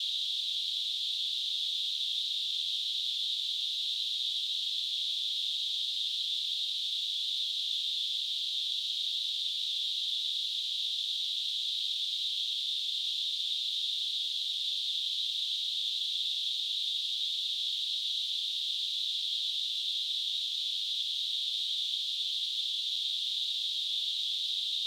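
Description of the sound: A steady, unbroken high-pitched hiss in a band around 3 to 4 kHz, holding the same level for the full 25 seconds with no rhythm or breaks. A simulated tinnitus sound, imitating the constant hissing ringing some people hear.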